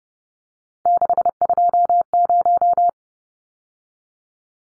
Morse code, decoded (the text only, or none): 620